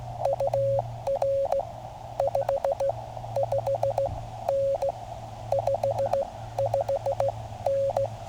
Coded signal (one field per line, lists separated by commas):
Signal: Morse code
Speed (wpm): 16 wpm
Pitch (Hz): 550 Hz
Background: none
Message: UR 55N 55N